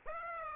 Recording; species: mosquito wingbeat signal from an infrared sensor; Aedes aegypti